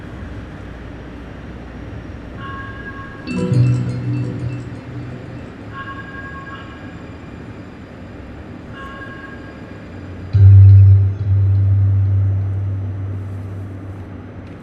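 A stainless steel wave sculpture rings with ethereal tones as passersby pluck its strings, a bright chime-like note repeating roughly every three seconds. A low swell rises near the fourth second, and a loud, deep droning tone dominates from about 10 to 12 seconds over a steady low hum.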